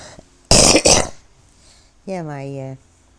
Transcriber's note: coughs